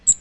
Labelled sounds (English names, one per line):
Magnolia Warbler flight call